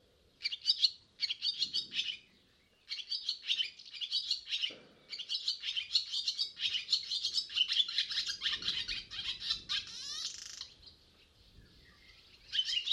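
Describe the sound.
Barn swallow song: long bursts of fast, squeaky twittering broken by short gaps, with a dry buzzy rattle near the end, then a final chirp.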